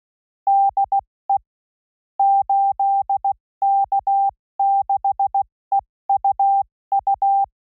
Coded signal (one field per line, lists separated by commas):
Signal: Morse code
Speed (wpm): 16 wpm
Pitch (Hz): 790 Hz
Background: none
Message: DE 8K6EUU